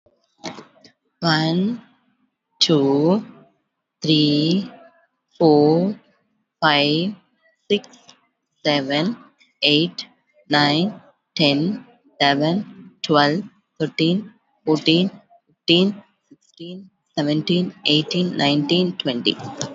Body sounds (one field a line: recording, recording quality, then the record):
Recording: counting at a normal pace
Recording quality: excellent, no background noise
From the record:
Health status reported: COVID-19 positive, moderate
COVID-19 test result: positive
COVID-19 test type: RT-PCR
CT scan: not taken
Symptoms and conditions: sore throat, muscle pain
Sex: female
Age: 34 years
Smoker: no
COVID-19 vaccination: one dose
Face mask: worn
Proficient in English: yes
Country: India